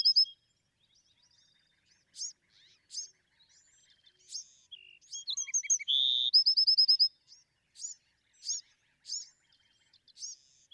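Bewick's wren song with high thin chips leading into a buzzy note and a rapid ringing trill, then more spaced high notes.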